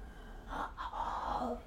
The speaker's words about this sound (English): Breathe. Breathing. I'm breathing.